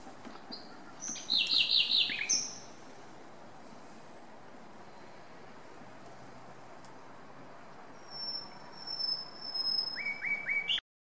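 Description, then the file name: Common nightingale phrases: a quick burst of bright repeated chirps around two seconds, then a high thin whistle and short lower notes near the end, over steady background hiss. "Luscinia megarhynchos"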